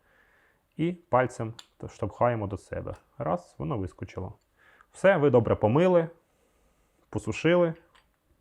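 Someone talks while handling an Evolution Medial Pivot knee instrument after washing and drying, getting ready to fit the impactor insert back into the impactor body. Only speech is heard, with no distinct click. Nothing has seated or clicked yet.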